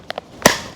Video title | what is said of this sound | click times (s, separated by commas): 2022 Cressi BCDs What's Similar and What's Different About Them... | pull on the ring and pull back on the weight pocket you could hear that snap | 0.5 s